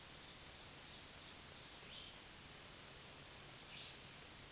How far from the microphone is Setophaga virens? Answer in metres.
about 35 m